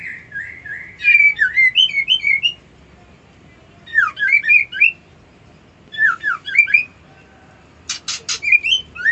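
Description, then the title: White-eye song: fast, high, twittering phrases of slurred whistles repeated in bursts every couple of seconds, with a few sharp clicks toward the end. Song style called ngerol ngalas. "Suara Burung Pleci Ngerol Ngalas"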